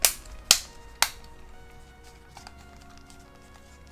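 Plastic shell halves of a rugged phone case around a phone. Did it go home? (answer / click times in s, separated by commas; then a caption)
yes / 0.1 s, 0.5 s, 1.0 s. The hard plastic top and bottom shell pieces of an OtterBox Defender Series case are pressed together around an iPhone Xs Max inside. Three sharp snapping clicks sound at 0.1, 0.5 and 1.0 seconds, followed by quiet background and a faint tick near 2.5 seconds. The shell halves snap together and the case is seated.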